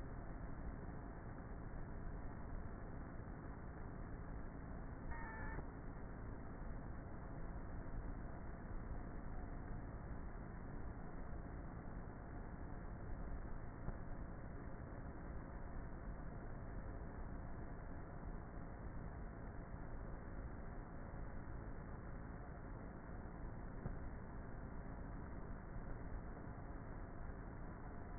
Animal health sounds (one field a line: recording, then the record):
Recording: honeybee colony, microphone inside the hive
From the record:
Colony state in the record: queenless with a low population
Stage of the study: before two queens were removed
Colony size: about 30,000 bees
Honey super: no